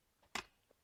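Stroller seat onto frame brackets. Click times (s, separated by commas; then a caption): 0.4 s. A stroller seat is pressed down onto the frame's seat brackets until it latches, giving one sharp, bright click at 0.4 s that rings briefly. The seat is seated on the frame. A couple of faint small taps come before and after, and no one talks.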